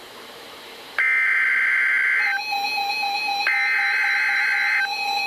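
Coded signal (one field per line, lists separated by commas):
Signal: Emergency Alert System (SAME) tones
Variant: header bursts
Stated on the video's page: EAS tones from weather radio station KEC60 in Milwaukee, Wisconsin.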